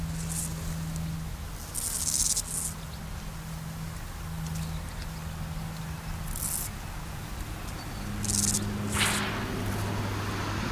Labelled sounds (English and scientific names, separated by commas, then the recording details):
Steppe Grasshopper (Chorthippus dorsatus) stridulation
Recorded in the wild
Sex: male
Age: imago
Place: Lienen, Nordrhein-Westfalen, DE
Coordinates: 52.1553, 7.96528
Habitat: meadow, edge of the woods
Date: 1991-09-10 16:54
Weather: sunny, 22-24°C
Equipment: Marantz CP 430, Kopie Tesla B 116
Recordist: Tembrock, Günter
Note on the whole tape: Teuteburger Wald, Südhang, nördlich von Lienen. Zwei Männchenpaare. Rivalengesang